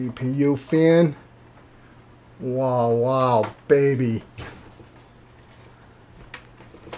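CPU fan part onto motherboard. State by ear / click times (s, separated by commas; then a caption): seated / 6.3 s. A part of the CPU fan is pushed into place on the motherboard of a MetallicGear Neo Qube dual water-cooled system. Someone talks. After a quiet stretch, a sharp click at 6.3 s shows the part seating, followed by a smaller knock near the end.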